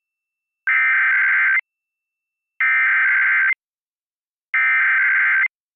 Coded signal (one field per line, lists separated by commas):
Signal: Emergency Alert System (SAME) tones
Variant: header bursts